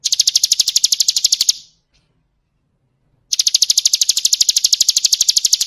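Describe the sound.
Bird trilling in fast, regular high-pitched pulses: a burst that stops, a pause, then another rapid trill.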